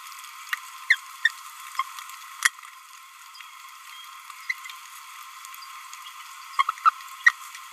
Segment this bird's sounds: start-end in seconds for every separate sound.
0.90-0.95, 4.50-4.53, 6.59-6.62, 6.85-6.90, 7.26-7.31